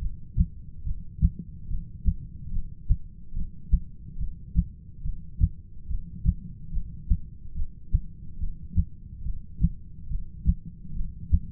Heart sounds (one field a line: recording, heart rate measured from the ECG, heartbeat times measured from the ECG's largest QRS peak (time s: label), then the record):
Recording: heart sounds by stethoscope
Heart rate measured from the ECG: 71 bpm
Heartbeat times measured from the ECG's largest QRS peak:
0.02 s: heartbeat
0.86 s: heartbeat
1.70 s: heartbeat
2.53 s: heartbeat
3.36 s: heartbeat
4.20 s: heartbeat
5.05 s: heartbeat
5.90 s: heartbeat
6.74 s: heartbeat
7.56 s: heartbeat
8.40 s: heartbeat
9.25 s: heartbeat
10.10 s: heartbeat
10.96 s: heartbeat
From the record:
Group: heart failure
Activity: rest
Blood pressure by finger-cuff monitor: 115/83 mmHg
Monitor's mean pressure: 96 mmHg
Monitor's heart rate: 71 bpm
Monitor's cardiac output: 7.1 L/min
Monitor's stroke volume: 99 mL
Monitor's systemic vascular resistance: 1000 dyn s/cm5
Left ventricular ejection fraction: 25%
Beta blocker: metoprolol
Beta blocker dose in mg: 62.5 twice daily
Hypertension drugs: ramipril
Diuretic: furosemide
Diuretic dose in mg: 40 twice daily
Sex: male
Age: 57 years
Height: 180 cm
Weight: 90.5 kg